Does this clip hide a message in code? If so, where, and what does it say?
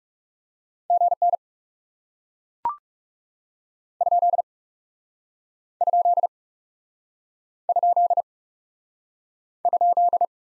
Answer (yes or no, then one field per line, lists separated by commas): yes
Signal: Morse code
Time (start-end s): 0.9-10.2 s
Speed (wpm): 34 wpm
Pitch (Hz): 700 Hz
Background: none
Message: GN ? ? ? ?